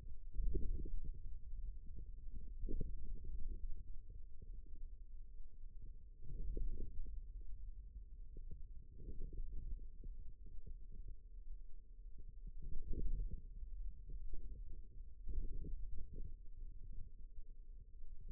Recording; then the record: forearm muscle sounds (acoustic myography)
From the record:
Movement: radial deviation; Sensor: system 2, bracelet of six BSWA MPA416 microphones around the upper forearm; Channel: 3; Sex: male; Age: 22 years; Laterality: right